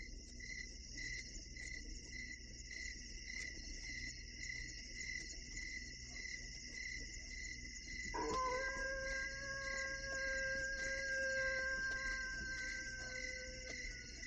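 Crickets trill steadily at a high pitch throughout, joined after about eight seconds by a sustained droning tone with several layered pitches.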